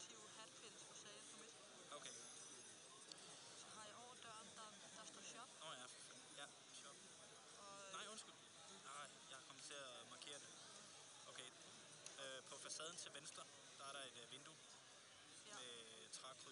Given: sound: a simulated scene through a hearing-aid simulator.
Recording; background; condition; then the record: conversation; cafeteria; +4 dB SNR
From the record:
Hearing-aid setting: I (fast-acting compression, audibility-based gain); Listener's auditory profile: D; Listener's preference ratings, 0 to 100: 70, 65, 65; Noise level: 65 dB SPL